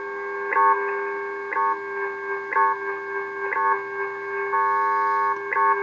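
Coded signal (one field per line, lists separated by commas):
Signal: radio time signal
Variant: WWV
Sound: steady hum-like tone with a sharp tick each second, about six ticks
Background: radio static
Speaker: That's why it needs to be zero beat against a precision signal. And this is the most precision signal that we have.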